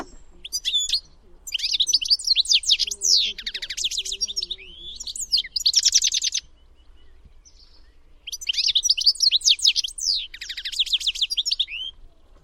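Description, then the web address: Bird song: rapid tinkling, twittering phrases of high, slurred and buzzy notes in bursts several seconds long, separated by short pauses. "Deverinetal"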